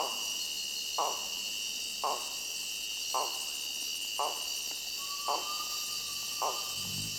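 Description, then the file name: Amazon bamboo rat giving short, rough, rattling bursts repeated about once a second, with a thin steady whistle near the end over a constant high insect chorus. "Bamboo Rat (Dactylomys dactylinus)"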